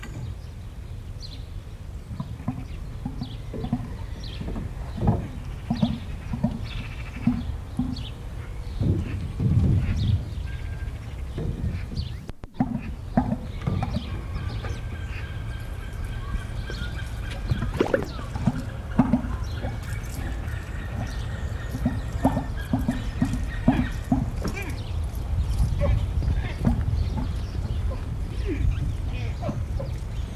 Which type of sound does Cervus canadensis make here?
call